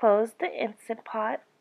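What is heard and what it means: Someone talks while an Instant Pot pressure cooker lid is being handled for closing onto the cooker pot. The clip ends before the lid goes home, so nothing has seated or clicked yet.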